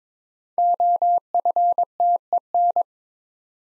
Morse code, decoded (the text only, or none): OFTEN